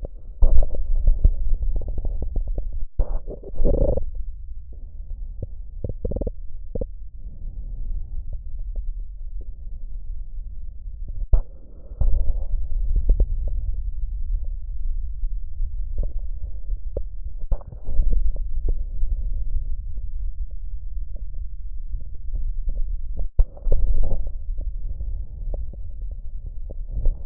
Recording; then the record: lung sounds by stethoscope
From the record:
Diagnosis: emphysema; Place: left posterior upper chest